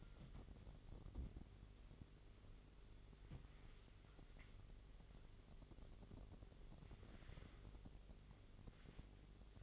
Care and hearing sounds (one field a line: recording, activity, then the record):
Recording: daily activity, microphone in the room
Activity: wipe stove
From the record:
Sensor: 4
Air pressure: 1004.0 hPa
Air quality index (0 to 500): 157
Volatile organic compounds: 2 ppm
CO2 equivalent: 1120 ppm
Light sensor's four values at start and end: 13/31/13/14 and 13/30/12/13